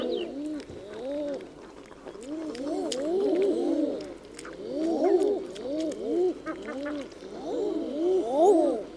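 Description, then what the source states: Common eiders giving cooing calls: many overlapping moaning notes that rise and fall, from several birds throughout. Common eiders in tundra.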